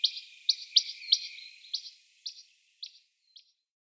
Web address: Schulze Peter Rock Nuthatch calls